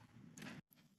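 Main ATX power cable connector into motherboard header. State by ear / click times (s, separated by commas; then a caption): seated / 0.4 s, 0.7 s. A 24-pin main ATX power connector made of plastic is pushed into the motherboard header until its side clip clicks and the connector seats. Over a low background rumble, sharp clicks sound at 0.4 s and 0.4 s, then the sound drops out briefly before another click at 0.7 s.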